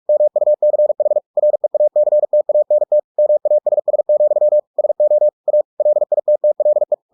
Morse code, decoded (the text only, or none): MUCH REACTANT MASS, SO A LITTLE